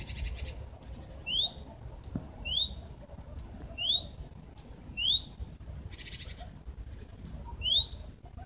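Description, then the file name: Great tit giving several double notes, a high click then a quick rising whistle, with brief soft rustles between. "Parus major"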